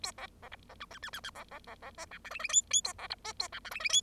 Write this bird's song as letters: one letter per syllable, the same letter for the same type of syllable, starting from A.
A B B C B D D D D D B B B B E F G H H I I A B C E A F G H H I